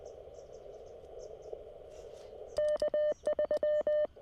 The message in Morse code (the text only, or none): K3